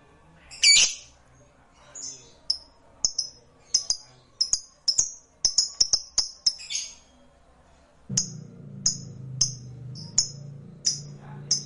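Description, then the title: Lovebird chirping: one loud shrill note, then a long run of short, high, clipped chirps repeated every half second or so, with low hum later. "Suara Lovebird Ini"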